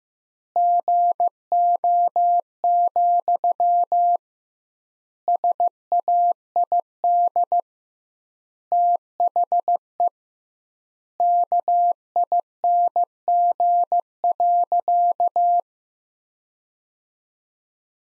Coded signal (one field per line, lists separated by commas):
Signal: Morse code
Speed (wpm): 15 wpm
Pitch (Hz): 700 Hz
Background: none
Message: GO, SAID THE KING.